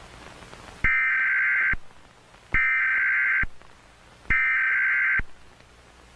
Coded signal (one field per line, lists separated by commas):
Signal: Emergency Alert System (SAME) tones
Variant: header bursts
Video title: Mini/Small EAS scenario: unusual Meteorological Event/Keep Slient